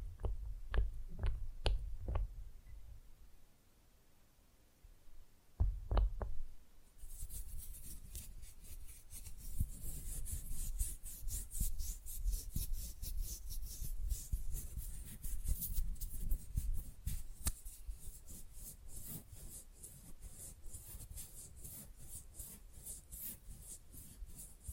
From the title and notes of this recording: ASMR Manicure Session Fast & Rough Nail Filing + Tapping (No Talking).